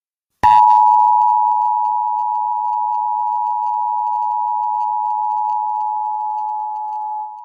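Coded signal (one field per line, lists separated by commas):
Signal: Emergency Alert System (SAME) tones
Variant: 853 and 960 Hz attention tone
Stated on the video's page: Fictional EAS scenario with VHS filter effects.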